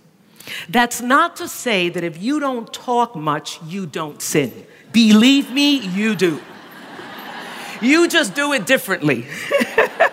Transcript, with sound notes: That’s not to say that if you don’t talk much, you don’t sin. Believe me, you do. (laughter) You just do it differently.